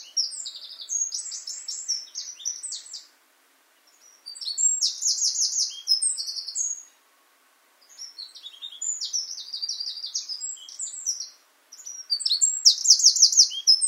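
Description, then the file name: Eurasian wren song: four loud, fast high-pitched phrases with rattling trills, each about three seconds long and separated by short pauses. "Troglodytes troglodytes"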